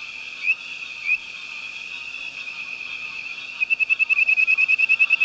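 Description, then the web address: Tree frog calling: two short rising notes, then a rapid pulsed train of bright clicks over a steady droning background. "frogs Family Hylidae"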